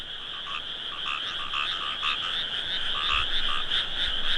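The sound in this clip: Frogs in chorus, rhythmic pulsing croaks about three or four per second over a constant high drone, with a couple of brief low thumps.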